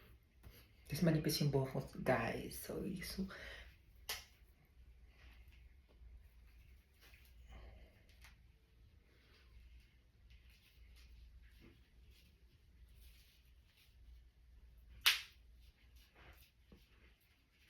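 Someone talks, then handles a clip-in human hair extension's snap clip against thin natural hair, with faint taps and rustles. Nothing has seated or clicked yet; the clip is not yet snapped shut.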